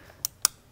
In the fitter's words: then there's the tab clicking in so those are these coils set